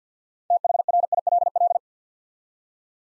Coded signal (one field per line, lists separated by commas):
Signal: Morse code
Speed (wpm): 48 wpm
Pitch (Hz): 700 Hz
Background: none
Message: THRILL